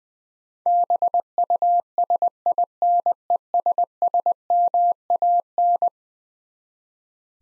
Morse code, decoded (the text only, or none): BUSINESSMAN